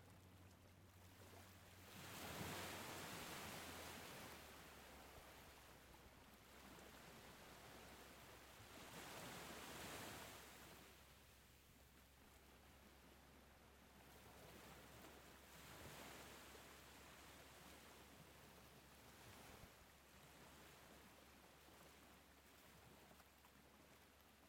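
Ocean waves wash ashore in broad, hissing swells peaking near 2, 10 and 16 seconds, over a steady low hum underneath.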